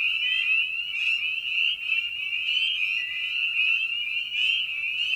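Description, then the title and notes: Spring peepers calling together, high upslurred peeps piling into one shrill steady chorus. Evening at a frog pond; presented in a modified format intended as a sleep aid. "Night of the Peepers. Spring Peeper (Pseudacris crucifer). Ian Carlsen"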